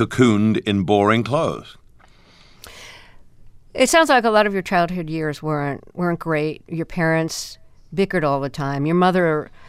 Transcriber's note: none